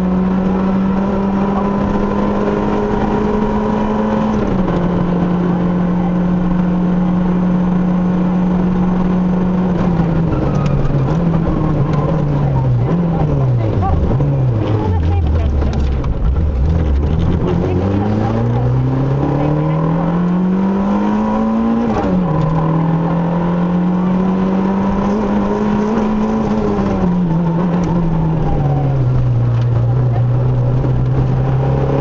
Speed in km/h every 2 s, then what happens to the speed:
130, 135, 138, 140, 109, 71, 26, 23, 44, 66, 81, 95, 89, 60, 61, 74.
0-6 speeds up to 140. 6-14 brakes to 23. 14-22 speeds up to 95. 22-26 brakes to 60. 26-32 speeds up to 74.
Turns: 11-14, 26-29.